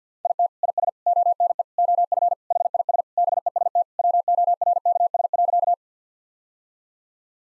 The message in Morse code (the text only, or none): IT IS ONE OF HIS BEST WORKS.